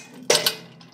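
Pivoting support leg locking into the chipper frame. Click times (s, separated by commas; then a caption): 0.3 s. Once the retaining pins are pulled, the steel stand leg of a Big Bear BBC72 wood chipper shredder swings down and locks into its chipping position on the chipper frame. A sharp metal clank lands at 0.3 s, followed by a second, shorter clank at 0.46 s and a faint tap near 0.8 s. The leg is seated and locked in place.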